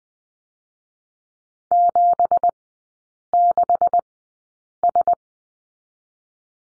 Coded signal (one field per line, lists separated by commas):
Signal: Morse code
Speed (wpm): 20 wpm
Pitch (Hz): 700 Hz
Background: none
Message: 76S